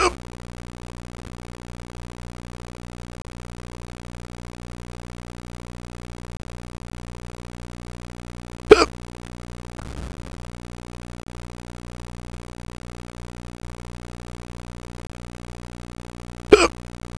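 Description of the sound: Three short, abrupt bursts come roughly eight seconds apart, about seven a minute, each a sudden catch with no speech around it. This pattern fits hiccups in an adult. A steady low mechanical hum runs underneath throughout.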